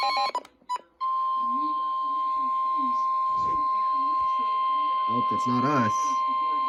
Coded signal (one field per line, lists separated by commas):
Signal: Emergency Alert System (SAME) tones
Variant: 1050 Hz attention tone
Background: speech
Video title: EAS #5: Tornado Warning